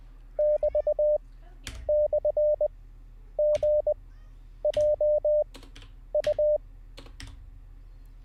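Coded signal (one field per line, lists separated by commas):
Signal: Morse code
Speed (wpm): 20 wpm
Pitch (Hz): 600 Hz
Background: none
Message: <BT> / G J U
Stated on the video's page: Live Morse code learning practice session.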